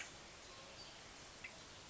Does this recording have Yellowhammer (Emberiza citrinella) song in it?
no